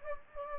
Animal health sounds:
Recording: mosquito wingbeat signal from an infrared sensor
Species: Anopheles gambiae

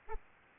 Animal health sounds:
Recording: mosquito wingbeat signal from an infrared sensor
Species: Aedes albopictus

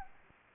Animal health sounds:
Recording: mosquito wingbeat signal from an infrared sensor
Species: Anopheles arabiensis

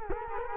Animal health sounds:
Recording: mosquito wingbeat signal from an infrared sensor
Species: Culex quinquefasciatus

